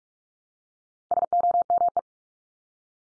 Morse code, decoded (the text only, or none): SOME